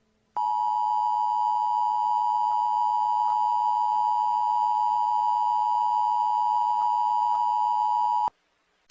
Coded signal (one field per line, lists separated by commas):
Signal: Emergency Alert System (SAME) tones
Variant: 853 and 960 Hz attention tone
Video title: EAS Scenario #6: Unknown Number